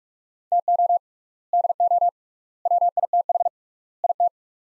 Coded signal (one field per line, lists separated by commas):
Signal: Morse code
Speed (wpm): 46 wpm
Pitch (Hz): 700 Hz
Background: none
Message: TO DO WITH IT